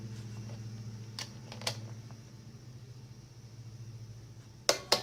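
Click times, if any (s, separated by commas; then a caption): 4.7 s, 4.9 s. An inch-pound click-type torque wrench tightens the flywheel nut on the crankshaft of a Homelite ZR25 leaf blower over a steady low hum, with a couple of faint ticks near 1.2 s and 1.7 s. Two loud, sharp clicks ring out at 4.7 s and 4.9 s as the wrench breaks over at its setting, confirming the nut is torqued.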